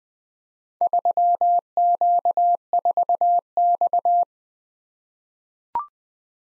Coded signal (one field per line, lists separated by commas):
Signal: Morse code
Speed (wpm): 20 wpm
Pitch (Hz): 700 Hz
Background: none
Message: 3Q4X